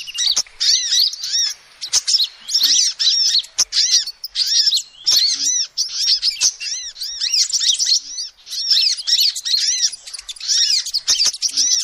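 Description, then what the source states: Lovebird calls: sharp, high twittering chirps in repeated bursts, squeaky arched notes with short gaps. Lovebird call used as a lure to trap birds.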